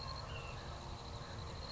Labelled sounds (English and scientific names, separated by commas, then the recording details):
Ash-throated Flycatcher (Myiarchus cinerascens)
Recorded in Sonoma County, California